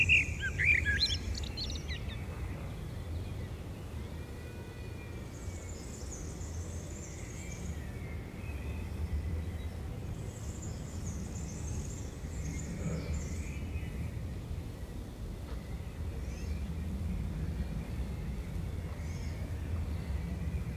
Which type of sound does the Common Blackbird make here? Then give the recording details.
song. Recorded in the wild. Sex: male. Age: adult. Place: Bielefeld-Mitte, Nordrhein-Westfalen, DE. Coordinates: 52.0072, 8.54889. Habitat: residential district. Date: 1968. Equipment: Uher 4000 Report-S, Bändchenmikro Beyer M 260, Parabolspiegel Polyester (470 mm). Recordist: Conrads, Klaus. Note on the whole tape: Bielefeld, Am Tiefen Weg/Ecke Prießallee. Männchen: Gesang. Keine genaue Datumsangabe: Juli 1968